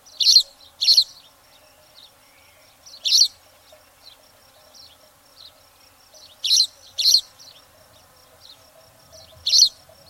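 Spanish sparrow chirp calls, short bright chirps singly and in quick pairs, separated by pauses of a few seconds.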